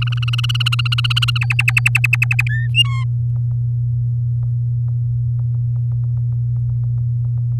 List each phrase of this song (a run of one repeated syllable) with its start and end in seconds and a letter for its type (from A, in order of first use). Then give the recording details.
0.02-1.38 A, 1.41-2.43 B, 2.49-2.68 C, 2.75-3.04 D. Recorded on 6 May 2018 at 15:54. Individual llb16